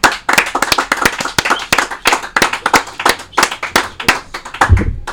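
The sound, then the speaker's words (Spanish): An audience applauds steadily, many hands clapping in a dense, irregular patter of sharp, bright claps that keeps an even loudness throughout, with a brief low thump near the end. “Bueno, pues chingue a su madre, seguimos con los aplausos, 4 minutos.”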